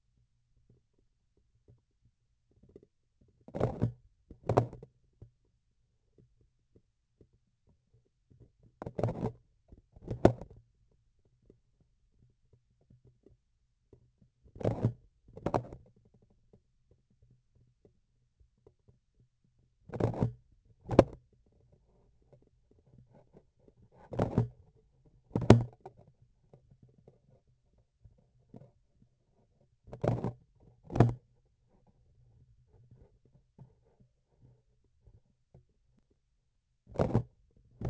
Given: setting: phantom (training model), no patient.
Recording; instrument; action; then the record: laparoscopic instrument, vibration sensor on the handle end; grasping forceps; opening and closing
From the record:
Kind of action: tool actuation without material contact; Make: other than Olympus